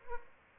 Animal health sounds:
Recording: mosquito wingbeat signal from an infrared sensor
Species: Aedes albopictus

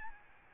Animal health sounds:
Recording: mosquito wingbeat signal from an infrared sensor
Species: Aedes albopictus

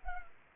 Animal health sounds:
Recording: mosquito wingbeat signal from an infrared sensor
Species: Culex pipiens

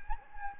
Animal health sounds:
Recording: mosquito wingbeat signal from an infrared sensor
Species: Anopheles gambiae

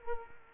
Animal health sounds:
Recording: mosquito wingbeat signal from an infrared sensor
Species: Culex quinquefasciatus

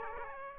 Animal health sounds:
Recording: mosquito wingbeat signal from an infrared sensor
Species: Aedes aegypti

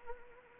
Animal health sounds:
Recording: mosquito wingbeat signal from an infrared sensor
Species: Anopheles arabiensis

